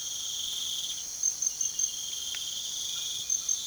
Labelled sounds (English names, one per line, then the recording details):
none
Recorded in pastures near Puerto Asís, Putumayo, Colombia, on 12 March 2025 at 02:30
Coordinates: 0.497, -76.327
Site G072